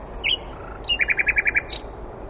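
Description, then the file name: Common nightingale song phrase: high thin whistles, then a run of about seven evenly spaced sharp repeated notes ending in a high flourish. "Luscinia megarhynchos"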